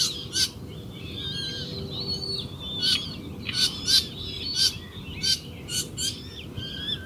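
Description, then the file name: Eurasian coot calls: a series of abrupt, clipped notes in quick, irregular succession. "Lyska"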